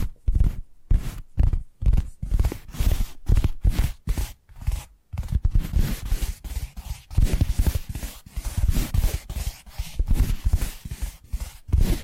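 Tapping triggers: rapid, crisp taps with sharp bright attacks and a low thud in each. For the first five seconds they come in distinct bursts with short silences between. After that they run together into a dense, nearly continuous rattle of quick strikes.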